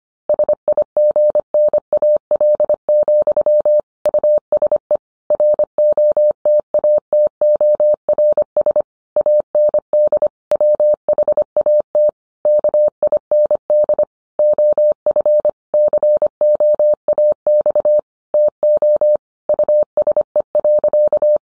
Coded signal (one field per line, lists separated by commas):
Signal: Morse code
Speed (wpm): 25 wpm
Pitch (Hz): 600 Hz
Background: none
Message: SIGNAL, USE ROTATORS AND WHAT KIND OF COAX TO USE.